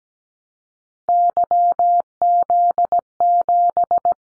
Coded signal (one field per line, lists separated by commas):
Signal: Morse code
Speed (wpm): 17 wpm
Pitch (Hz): 700 Hz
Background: none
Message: YZ7